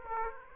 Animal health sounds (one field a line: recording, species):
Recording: mosquito wingbeat signal from an infrared sensor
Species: Aedes aegypti